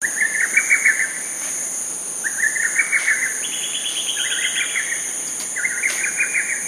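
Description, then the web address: Lesser cuckoo calling in repeated staccato phrases of quick, slightly stepped notes, over a steady high-pitched drone. Recorded at Izumi. "izumino saunndo hototogisu"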